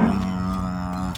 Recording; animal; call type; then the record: contact call of a hoofed animal; cattle; low-frequency (closed-mouth) or high-frequency (open-mouth) call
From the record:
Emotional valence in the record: positive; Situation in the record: visual reunion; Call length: 1.17 s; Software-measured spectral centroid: 1970 Hz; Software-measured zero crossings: 930 a second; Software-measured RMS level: -23 dBFS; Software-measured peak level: -6 dBFS